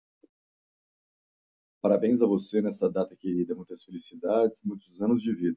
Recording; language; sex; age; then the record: short text; Brazilian Portuguese; male; 40 to 49 years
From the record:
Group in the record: control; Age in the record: 46 years